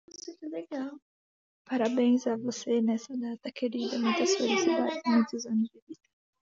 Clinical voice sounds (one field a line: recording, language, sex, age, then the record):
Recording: short text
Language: Brazilian Portuguese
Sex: female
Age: 20 to 29 years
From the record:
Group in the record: control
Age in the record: 20 years